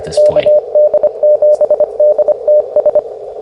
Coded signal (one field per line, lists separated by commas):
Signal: Morse code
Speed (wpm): 24 wpm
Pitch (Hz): 600 Hz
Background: speech, radio noise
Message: KD7DTS